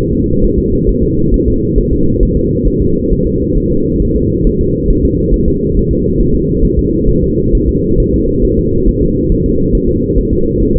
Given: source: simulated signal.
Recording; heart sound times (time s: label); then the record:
fetal heart sounds
0.13 s: S2
0.44 s: S1
0.59 s: S2
0.89 s: S1
1.03 s: S2
1.34 s: S1
1.48 s: S2
1.78 s: S1
1.93 s: S2
2.23 s: S1
2.37 s: S2
2.68 s: S1
2.82 s: S2
3.12 s: S1
3.27 s: S2
3.57 s: S1
3.72 s: S2
4.02 s: S1
4.16 s: S2
4.47 s: S1
4.61 s: S2
4.91 s: S1
5.05 s: S2
5.34 s: S1
5.48 s: S2
5.77 s: S1
5.91 s: S2
6.20 s: S1
6.35 s: S2
6.65 s: S1
6.79 s: S2
7.09 s: S1
7.24 s: S2
7.55 s: S1
7.69 s: S2
8.00 s: S1
8.14 s: S2
8.45 s: S1
8.59 s: S2
8.89 s: S1
9.03 s: S2
9.32 s: S1
9.46 s: S2
9.75 s: S1
9.89 s: S2
10.18 s: S1
10.33 s: S2
10.62 s: S1
10.77 s: S2
From the record:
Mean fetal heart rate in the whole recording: 135 bpm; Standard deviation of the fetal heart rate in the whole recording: 3 bpm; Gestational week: 36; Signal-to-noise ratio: -15.3 dB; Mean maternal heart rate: 72 bpm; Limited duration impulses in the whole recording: present